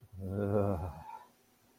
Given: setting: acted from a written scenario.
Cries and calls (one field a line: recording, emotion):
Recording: vocal sound without words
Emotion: ecstasy